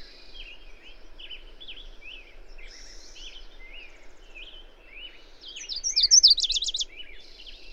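Bird: lively twittering and chirping, then one loud, high song phrase that ends in a rapid trill of repeated notes.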